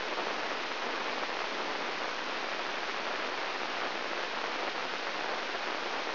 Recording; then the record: brain microelectrode recording played as sound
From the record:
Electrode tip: inside the subthalamic nucleus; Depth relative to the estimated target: -1 mm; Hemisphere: left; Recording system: AlphaMap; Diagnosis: Parkinson's disease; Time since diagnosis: 12 years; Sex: female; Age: 56 years